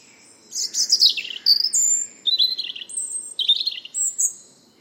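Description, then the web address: Bird song made of separate whistled phrases, high clear notes alternating with buzzier lower ones, over a faint low background hum. "Bird Only"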